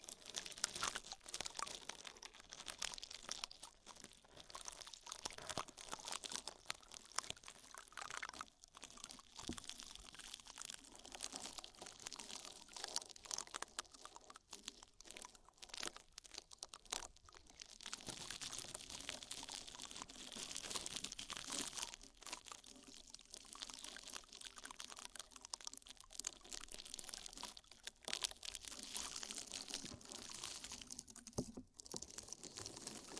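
An ear massage with oil and foam: dense, crackly crunching and crinkling rubs, bright and hissy, surging in waves with brief pauses.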